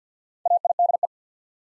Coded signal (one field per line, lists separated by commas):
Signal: Morse code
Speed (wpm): 50 wpm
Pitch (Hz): 700 Hz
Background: none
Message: AIDE